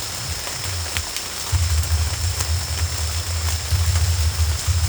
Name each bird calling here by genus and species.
none